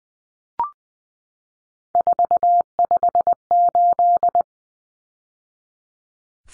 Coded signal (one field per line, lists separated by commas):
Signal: Morse code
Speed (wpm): 20 wpm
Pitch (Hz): 700 Hz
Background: none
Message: 458